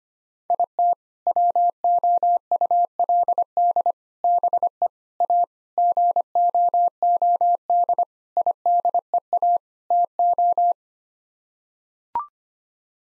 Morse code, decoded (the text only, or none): IT WOULD BE A GOOD IDEA TO